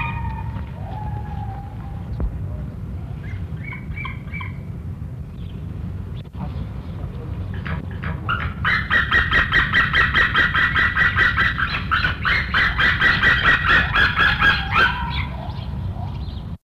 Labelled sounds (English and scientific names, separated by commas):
White-tailed Eagle (Haliaeetus albicilla) call